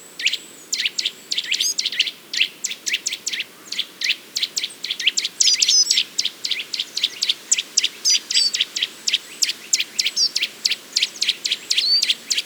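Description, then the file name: Eurasian nuthatch giving rapid, sharp, repeated call notes, several per second. "Sitta europaea"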